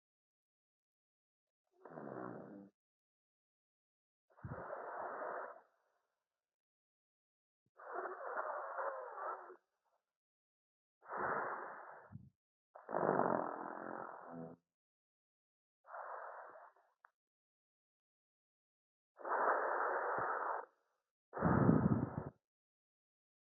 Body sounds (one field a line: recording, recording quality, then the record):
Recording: deep breathing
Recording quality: excellent, no background noise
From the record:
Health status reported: healthy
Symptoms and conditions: none ticked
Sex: male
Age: 37 years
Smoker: not ticked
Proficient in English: yes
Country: India